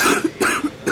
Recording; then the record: coughing mixed with background sound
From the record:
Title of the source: 64 coughing, allergies, singing lungs